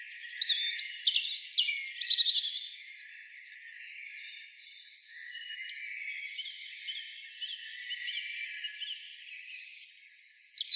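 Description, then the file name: European robin singing varied phrases of thin, high warbling and trilled notes, separated by short pauses. "Erithacus rubecula"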